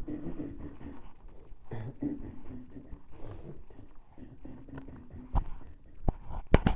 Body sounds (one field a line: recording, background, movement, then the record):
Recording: throat clearing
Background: quiet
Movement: walking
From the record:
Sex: male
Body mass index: 23.7 kg/m2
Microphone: on the chest, facing the body